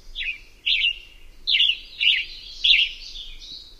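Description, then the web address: Western tanager singing a string of five husky phrases at uneven intervals. "Songs of Birds of North America Know Your Bird Sounds Common Western Species. Western Tanager"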